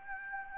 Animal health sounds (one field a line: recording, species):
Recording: mosquito wingbeat signal from an infrared sensor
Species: Anopheles gambiae